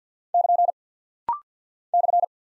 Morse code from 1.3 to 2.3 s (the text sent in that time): /